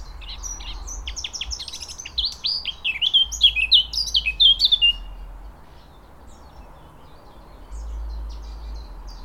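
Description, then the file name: Eurasian blackcap song: one rapid, chattering warble of mixed high notes lasting about five seconds, then quiet apart from a few faint high notes and a low steady hum. "Sylvia atricapilla"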